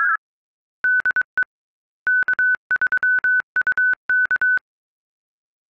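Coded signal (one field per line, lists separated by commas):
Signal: Morse code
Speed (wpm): 23 wpm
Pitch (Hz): 1500 Hz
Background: none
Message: DE K3UK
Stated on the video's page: WINMOR mode via RMS Express in radio-only mode.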